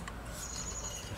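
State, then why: Seated. With its two screws loosened, the microswitch in a Columbia Par Car golf cart throttle potbox is slid back up against its stop until it clicks into place, setting its position. A faint, short click sounds at 0.1 s over a steady background hiss. The switch is seated.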